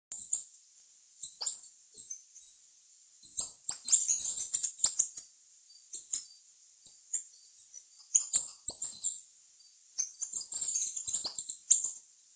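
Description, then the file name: Green-and-gold tanager with sharp, very high hissing chips and twitters, grouped into uneven flurries separated by short silences. "canto da saira ouro"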